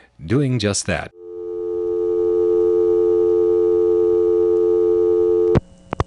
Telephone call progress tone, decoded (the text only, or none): dial tone